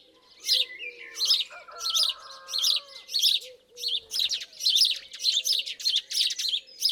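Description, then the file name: House sparrow giving loud, scratchy chirps in quick pairs and runs, with a brief lower twittering in the middle and a soft low hum beneath. "Passer domesticus"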